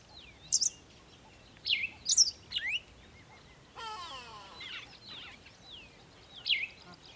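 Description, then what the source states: Bird calls: sharp high chirps and downslurred notes in short bursts, with a harsher rattling call in the middle and a final clear chirp. At a water hole in the early morning, bird close.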